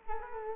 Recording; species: mosquito wingbeat signal from an infrared sensor; Culex quinquefasciatus